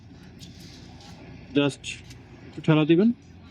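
On a Honda SP 125 motorcycle, the rider turns the key while pushing the handlebar slightly forward to engage the metal steering lock pin into the steering head. Someone talks over a low, steady background noise. The clip ends before the pin goes home, and nothing has seated or clicked yet.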